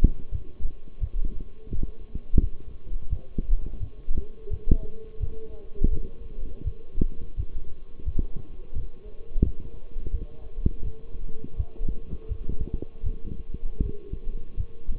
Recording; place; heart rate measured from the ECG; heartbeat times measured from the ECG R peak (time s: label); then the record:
heart sounds by stethoscope; between the tricuspid and mitral areas; 84 bpm
0.31 s: heartbeat
1.00 s: heartbeat
1.70 s: heartbeat
2.40 s: heartbeat
3.09 s: heartbeat
3.79 s: heartbeat
4.49 s: heartbeat
5.19 s: heartbeat
5.90 s: heartbeat
6.63 s: heartbeat
7.36 s: heartbeat
8.05 s: heartbeat
8.74 s: heartbeat
9.43 s: heartbeat
10.11 s: heartbeat
10.83 s: heartbeat
11.56 s: heartbeat
12.28 s: heartbeat
13.03 s: heartbeat
13.82 s: heartbeat
14.56 s: heartbeat
From the record:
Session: walking at 3.7 km/h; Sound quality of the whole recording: partially saturated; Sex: male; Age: 24 years